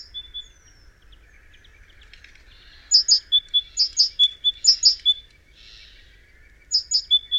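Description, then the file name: Great tit calling in quick runs of high, sharp notes paired with lower tones, several bursts over a few seconds. "Parus major"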